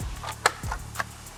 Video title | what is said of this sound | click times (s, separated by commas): Don't Watch This If You Hate Carbon Fiber - G87 M2 First Mods (G80/G82 M3/M3) | that's it, snapped into place. | 0.5 s